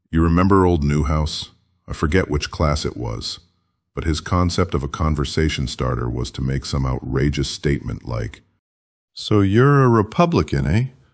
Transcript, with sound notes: You remember "Old Newhouse", I forget which class it was, but his concept of a conversation starter was to make some outrageous statement like, [changes to an old man's voice] "So you're a Republican, eh.